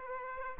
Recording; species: mosquito wingbeat signal from an infrared sensor; Aedes aegypti